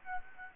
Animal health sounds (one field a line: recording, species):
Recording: mosquito wingbeat signal from an infrared sensor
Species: Aedes aegypti